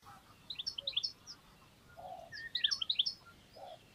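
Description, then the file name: European goldfinch giving two short bursts of high tinkling twitters, with a few lower muffled notes and a steady background hiss. "Carduelis carduelis"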